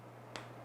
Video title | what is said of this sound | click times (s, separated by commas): BRK Ghost, Daystate Delta Wolf & Daystate Alpha Wolf Regulator Repair Tutorial | and put it back in there, and then it will snap into place with that O-ring at the back or at the bottom, | 0.4 s